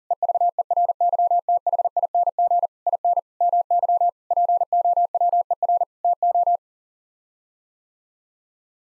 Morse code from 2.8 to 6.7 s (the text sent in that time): IN MY POWER TO